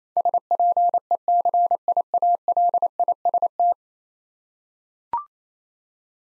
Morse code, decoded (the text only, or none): SPECIALIST